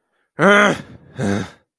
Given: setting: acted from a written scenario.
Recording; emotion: vocal sound without words; anger